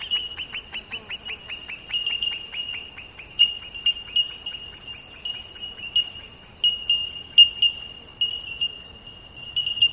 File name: bell birds